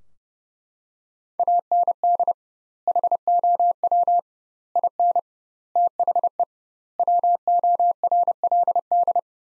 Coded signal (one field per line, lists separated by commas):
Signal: Morse code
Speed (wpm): 32 wpm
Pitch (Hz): 700 Hz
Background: none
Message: AND HOW IN THE WORLD